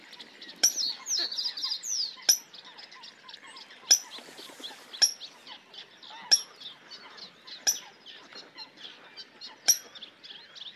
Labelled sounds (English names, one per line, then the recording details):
Reed Bunting song
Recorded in the wild
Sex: male
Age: adult
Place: Kützerhof, Kummerower See, Mecklenburg-Vorpommern, DE
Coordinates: 53.8531, 12.8686
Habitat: wetland
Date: 2010-06-22
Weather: heiter, 8°C, schwacher Wind
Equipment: Sound Devices 702, Rode NT1-A Stereopaar
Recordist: Frommolt, Karl-Heinz
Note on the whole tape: Straße vom Kützerhof nach Aalbude, Polder Große Rosin: Gesang einer Rohrammer